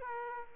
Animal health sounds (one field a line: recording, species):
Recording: mosquito wingbeat signal from an infrared sensor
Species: Aedes aegypti